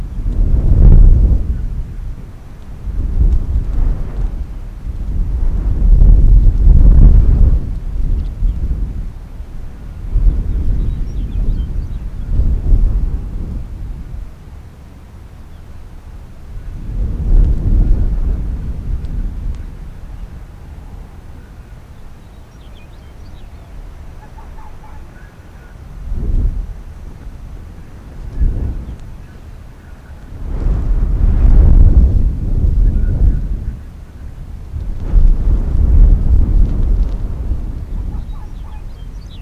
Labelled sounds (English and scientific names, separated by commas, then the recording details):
Arctic Fox (Vulpes lagopus)
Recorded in the wild
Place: Insel Mednyi, Kommandeur-Inseln, RU
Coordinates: 54.5167, 168.083
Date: 1999-07-17
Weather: 6°C, dichter Nebel, starker Südwestwind
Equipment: Sony WM-D6C, Sennheiser ME 80, K 30 AV, Windkorb, Kopie Sony TCD-D8
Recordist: Jakupi, Antje